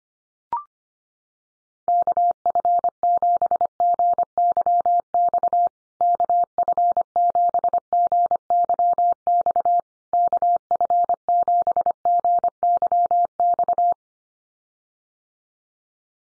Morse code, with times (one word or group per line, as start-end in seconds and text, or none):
1.9-5.7 KF7GYX
6.0-9.8 KF7GYX
10.1-13.9 KF7GYX